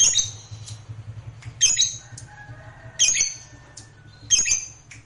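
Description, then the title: Lovebird squawks: grating high double notes repeated roughly every one and a half seconds, with a faint low hum behind. Fighter-class lovebird. "Begitu Dengar Suara Lovebird FIGHTER NGEKEK PANJANG"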